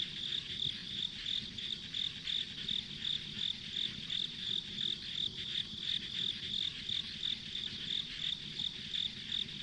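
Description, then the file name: Insects: evenly spaced high chirps, about three per second, over a constant insect chorus filling the background. Ambient insect sounds recorded on a country road. "田舎道の虫の環境音"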